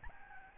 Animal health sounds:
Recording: mosquito wingbeat signal from an infrared sensor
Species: Aedes albopictus

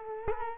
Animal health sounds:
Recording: mosquito wingbeat signal from an infrared sensor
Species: Culex quinquefasciatus

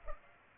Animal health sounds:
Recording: mosquito wingbeat signal from an infrared sensor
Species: Culex pipiens

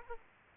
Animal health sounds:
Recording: mosquito wingbeat signal from an infrared sensor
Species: Aedes aegypti

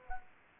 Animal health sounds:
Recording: mosquito wingbeat signal from an infrared sensor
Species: Culex quinquefasciatus

